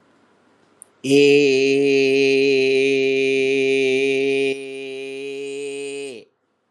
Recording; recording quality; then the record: sustained vowel as in made; excellent, no background noise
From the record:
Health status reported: healthy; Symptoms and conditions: hypertension, diabetes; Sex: male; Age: 46 years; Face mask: not worn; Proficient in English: yes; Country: India